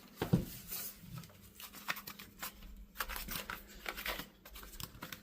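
A small plastic floor attachment is handled and pushed toward the wand or hose of a Kenmore Pop-up 600 Series canister vacuum after another attachment has been released. Soft rustling, scraping and brief plastic taps are heard, with sharper knocks around 1.9, 3.0, 3.5 and 3.9 seconds. Nothing has clicked or seated yet.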